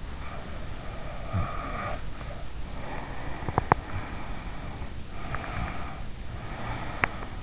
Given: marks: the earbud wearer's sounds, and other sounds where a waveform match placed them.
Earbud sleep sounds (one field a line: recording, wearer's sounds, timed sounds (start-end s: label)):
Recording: sounds in sleep by an in-ear microphone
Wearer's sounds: snoring breath, teeth grinding, breath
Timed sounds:
0.03-4.97 s: snoring breath
3.41-3.91 s: teeth grinding
5.10-7.42 s: breath
6.99-7.21 s: teeth grinding